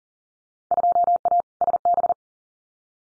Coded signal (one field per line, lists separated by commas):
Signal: Morse code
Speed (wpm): 40 wpm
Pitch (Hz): 700 Hz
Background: none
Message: 2A SB